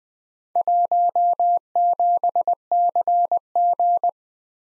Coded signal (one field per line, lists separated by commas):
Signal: Morse code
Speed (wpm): 20 wpm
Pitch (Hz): 700 Hz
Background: none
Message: 17CG